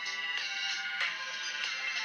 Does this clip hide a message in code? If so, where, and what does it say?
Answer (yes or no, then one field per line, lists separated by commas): no